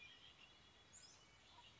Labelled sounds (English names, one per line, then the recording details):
Red-winged Blackbird
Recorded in Sonoma County, California